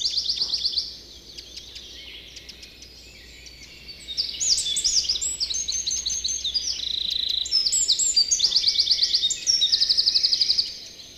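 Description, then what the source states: Eurasian wren song: a short high trill at the start, a few seconds of near quiet, then a long, powerful outpouring of rapid twittering phrases and rattling trills. Bubbling, joyful song, usually in phrases about five seconds long from the shelter of a fallen tree's root plate; surprisingly powerful voice for Finland's shortest bird, 10 cm and about ten grams.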